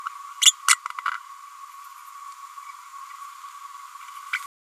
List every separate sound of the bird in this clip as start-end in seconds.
0.41-0.45, 0.68-0.76, 4.32-4.38